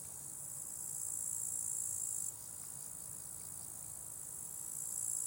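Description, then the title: Crickets chirping in a continuous high trill that strengthens, drops suddenly, then swells again toward the end, with faint low background noise. Crickets at a small spot beside a hiking path with wild natural meadows at Lake Wolfgangsee, Strobl, Austria; some traffic audible; recorded with SD702t and MKH8040. "Strobl, Österreich - Grillen am Wolfgangsee"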